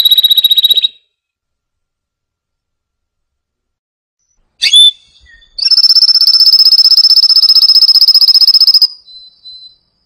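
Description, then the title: Canary song: a short high rolling trill, about four seconds of silence, a sharp note, then a long, steady, rapid trill followed by a thin note. Canary singing actively with full fills; a tutor recording for lovebirds, white-rumped shamas, canaries and greater green leafbirds. "Masteran Kenari Gacor Full Isian Untuk Lovebird, Murai Batu, Kenari, Cucak Ijo"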